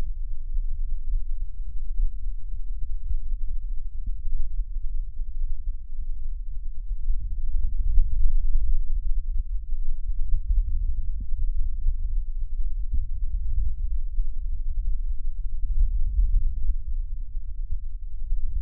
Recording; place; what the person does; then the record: lung sounds by stethoscope; left anterior apical chest; quiet breathing, then deep breathing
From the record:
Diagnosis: COPD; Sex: male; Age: 77 years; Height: 172 cm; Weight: 85.2 kg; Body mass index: 28.8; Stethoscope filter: bell mode